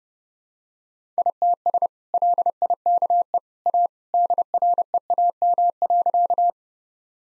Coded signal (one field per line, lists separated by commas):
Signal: Morse code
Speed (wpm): 30 wpm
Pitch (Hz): 700 Hz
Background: none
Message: ITS LIKE A DREAM.